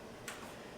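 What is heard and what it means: A metal motherboard I/O shield with foam and foil backing is pushed into the rear opening of a PC case. A single short, bright click rises above a steady low background hiss at 0.3 s. The shield clicks again and is seated in the case opening.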